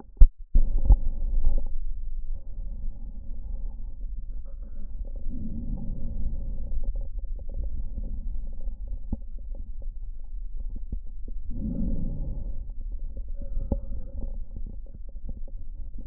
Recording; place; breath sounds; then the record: lung sounds by stethoscope; left posterior middle chest; normal breath sounds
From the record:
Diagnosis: none (healthy); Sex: male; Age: 30 years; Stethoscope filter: diaphragm mode, 100 to 500 Hz